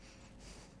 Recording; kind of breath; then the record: one breath in and out by a microphone near the nose and mouth; strong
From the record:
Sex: male